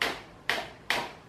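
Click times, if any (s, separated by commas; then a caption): 0.0 s, 0.5 s, 0.9 s. The head of an Arno Silence Force Touch Control VF6M fan is set into its tilt joint, making three sharp ticking clicks at 0.0, 0.5 and 0.9 seconds, each fading quickly. The fan head has seated properly in its tilt position.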